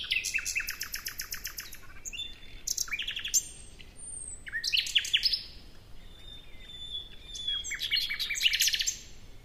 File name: Luscinia megarhynchos